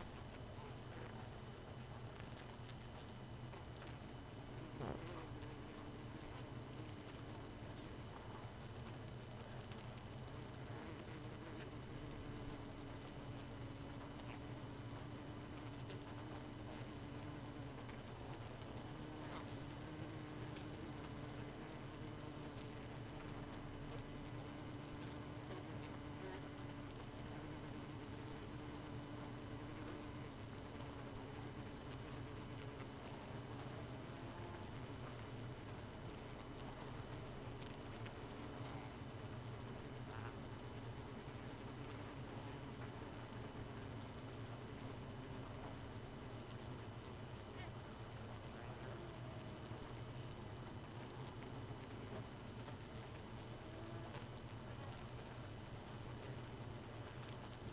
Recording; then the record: honeybee colony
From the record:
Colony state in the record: missing queen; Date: 31 May 2018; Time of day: 2:36